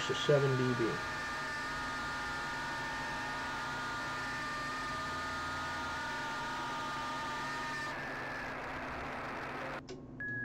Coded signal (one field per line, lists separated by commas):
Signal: FT8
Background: speech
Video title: making FT8 QSOs with WSJT-x on 20M